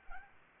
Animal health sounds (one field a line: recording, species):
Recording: mosquito wingbeat signal from an infrared sensor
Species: Aedes albopictus